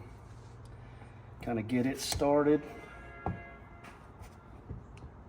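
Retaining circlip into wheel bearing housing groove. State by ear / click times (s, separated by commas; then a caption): seated / 3.3 s. On a Can-Am X3, a steel retaining circlip is started by hand and pressed into the groove of the knuckle bore to hold the new wheel bearing while someone talks. A sharp metallic snap at 3.3 s marks the circlip seating fully in its groove, followed by a fainter tick near 5.0 s.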